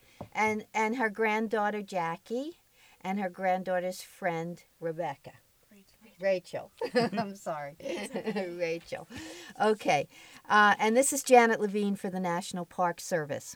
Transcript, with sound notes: And her granddaughter Jackie, and her granddaughter's friend Rebecca. Rachel, I'm sorry! [Laughs] Rachel. Okay, and this is Janet Levine for the National Park Service.